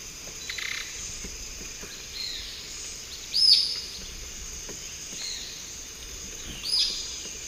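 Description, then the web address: Sulphury flycatcher calls: two brief, sharp high notes roughly three seconds apart, set against constant insect hum and faint chirps. Recorded in the eastern lowlands of South America. "Nature Songs S America Eastern Lowlands - Tyrannopsis sulphurea, call"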